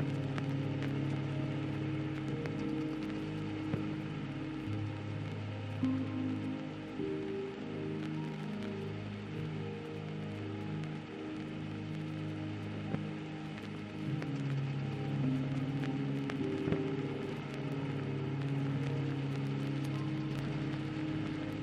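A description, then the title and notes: Soft, slow ambient music sustains low tones and shifting held notes beneath a steady layer of vinyl crackle and static, with occasional tiny pops. Calming Music with Vinyl Static Sounds. A vinyl static white noise with light ambient music underneath.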